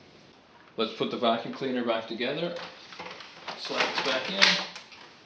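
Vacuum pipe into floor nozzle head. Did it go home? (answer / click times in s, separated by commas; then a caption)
no / none. Someone talks while handling a Shark vacuum, sliding its pipe (wand) back into a new replacement floor nozzle head. Faint scraping and handling noises rise around 3.5–4.5 s. Nothing has seated or clicked yet; the clip ends before the pipe locks home.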